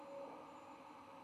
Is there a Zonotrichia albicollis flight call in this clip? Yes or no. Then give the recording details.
no. No flight call is heard. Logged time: 22:26 on 16 November 2014